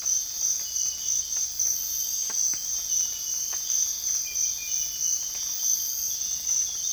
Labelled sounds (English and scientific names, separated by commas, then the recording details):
none
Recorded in dense forest near Puerto Asís, Putumayo, Colombia, on 20 December 2024 at 05:30
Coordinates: 0.484, -76.325
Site G056